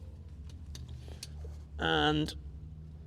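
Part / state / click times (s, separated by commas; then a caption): distributor cap retaining clip onto distributor body / not seated / none. Someone handles the spring retaining clip of a new distributor cap on a Jaguar E-Type, working it over the cap toward the distributor body. A few light ticks and taps of handling sound over a low background hum before someone briefly talks. The clip has not snapped home and nothing has seated yet.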